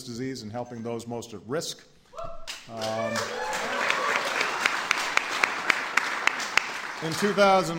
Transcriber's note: applause